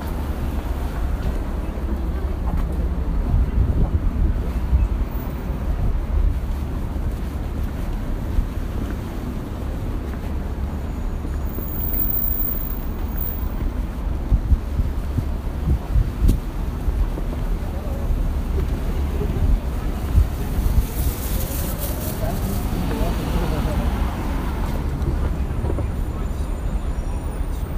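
Street noise on 5th Avenue in New York City: a steady, dense low rumble of traffic with faint voices mixed in. Around 21 seconds a sharp hiss cuts through, followed by a vehicle's engine note rising and then fading.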